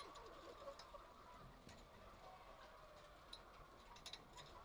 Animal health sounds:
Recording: poultry house recording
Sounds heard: healthy chickens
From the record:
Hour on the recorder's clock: 0

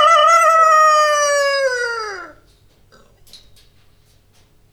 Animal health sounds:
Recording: poultry house recording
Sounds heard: healthy chickens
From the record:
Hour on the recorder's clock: 23

